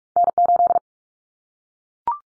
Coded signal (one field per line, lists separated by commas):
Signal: Morse code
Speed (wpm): 44 wpm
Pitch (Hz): 700 Hz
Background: none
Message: N8